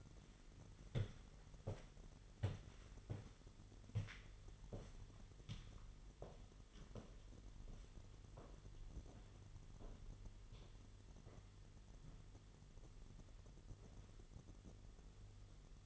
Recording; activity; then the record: daily activity, microphone in the room; walk to room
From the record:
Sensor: 4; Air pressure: 989.0 hPa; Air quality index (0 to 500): 204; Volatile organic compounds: 51 ppm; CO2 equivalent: 3307 ppm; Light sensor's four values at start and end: 29/98/36/38 and 29/99/37/39